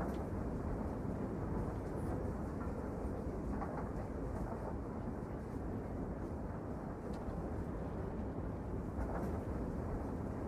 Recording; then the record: background sound without coughing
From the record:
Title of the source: Train Ride Ambience ambient white noise for sleeping, focus, studying, reading